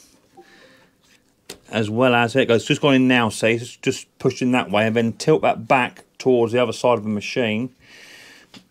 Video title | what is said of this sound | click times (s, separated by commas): Victa Edger Starting Problem. Special Guest appearance | so it sort of clicks into place you've got to push it in | 1.5 s